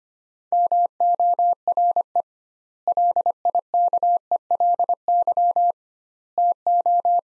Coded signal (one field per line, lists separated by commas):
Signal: Morse code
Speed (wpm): 25 wpm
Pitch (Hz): 700 Hz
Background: none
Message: MORE LIKELY TO